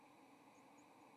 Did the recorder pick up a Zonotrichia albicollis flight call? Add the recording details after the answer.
no. Another species' flight call is heard. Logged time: 08:25 on 30 October 2014